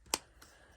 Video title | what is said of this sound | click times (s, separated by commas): Review of Michelle bridges 18kg barbell set from big w | and it just sort of locks in place like this, | 0.1 s